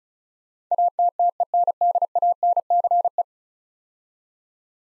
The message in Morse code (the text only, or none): ATTENDANCE